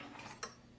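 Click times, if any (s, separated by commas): 0.4 s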